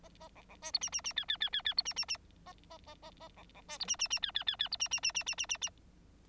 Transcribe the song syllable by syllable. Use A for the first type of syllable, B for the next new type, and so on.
A A B B C D E E E F F F F F D E E E A A A A A B B C D E E E F F F F D E E E E E E E E